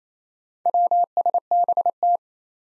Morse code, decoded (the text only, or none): WSBT